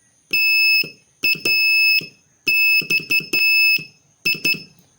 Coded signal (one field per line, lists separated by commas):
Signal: Morse code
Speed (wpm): 12 wpm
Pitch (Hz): 2600 Hz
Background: none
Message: TAXI